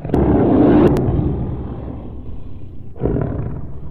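Tiger roar: a deep, rumbling roar in the first second that fades slowly, then a second, shorter roar starts at about three seconds.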